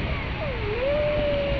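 Whale giving a single tonal moan that dips slightly in pitch, then rises and holds steady, over low rumbling background noise.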